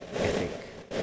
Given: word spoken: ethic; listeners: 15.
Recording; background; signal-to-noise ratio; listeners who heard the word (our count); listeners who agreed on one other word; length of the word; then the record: one English word in noise, from a listening test; noise modulated by three-talker babble; -4.4 dB; 3 of 15; 6 of 15; 0.63 s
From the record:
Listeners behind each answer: 6, 3, 2, 1, 1, 1, 1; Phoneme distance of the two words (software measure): 27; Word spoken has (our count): 2 syllables, 4 phonemes, stress on syllable 1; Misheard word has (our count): 2 syllables, 5 phonemes, stress on syllable 1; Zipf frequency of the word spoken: 3.30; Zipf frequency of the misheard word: 3.84